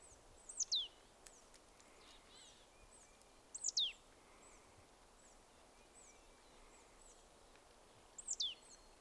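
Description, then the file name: Marsh tit calls: three sharp, high notes sweeping steeply downward, spaced several seconds apart, with fainter high chirps from other birds and steady background hiss. "Poecile palustris"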